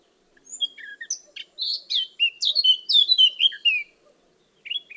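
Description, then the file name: Eurasian blackcap singing a quick, varied warble of whistled and scratchy notes that grows louder toward the end, then a short pause and a brief final phrase. "Sylvia atricapilla"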